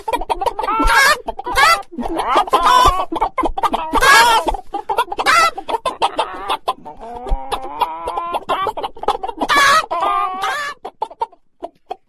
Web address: Chickens